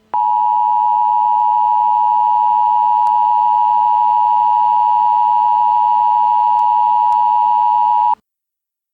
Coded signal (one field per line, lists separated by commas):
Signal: Emergency Alert System (SAME) tones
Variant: 853 and 960 Hz attention tone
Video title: EAS scenario #1: It lurks